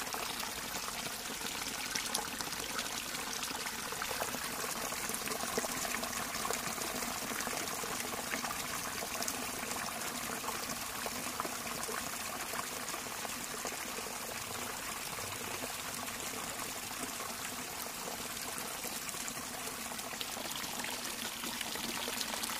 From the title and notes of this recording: A peaceful, meditative stream in Finland flowing through in nature. The Stream in Finland.